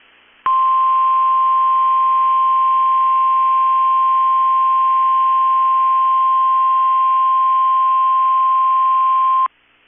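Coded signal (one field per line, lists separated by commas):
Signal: Emergency Alert System (SAME) tones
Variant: 1050 Hz attention tone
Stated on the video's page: Required weekly test on weather radio station KEC65, one attempt failed and one sent normally.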